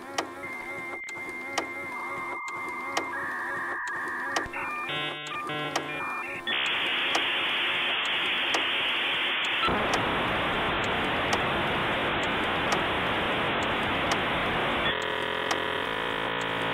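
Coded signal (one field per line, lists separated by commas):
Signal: dial-up modem handshake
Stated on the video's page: Dial-up modem handshake sound, complete version.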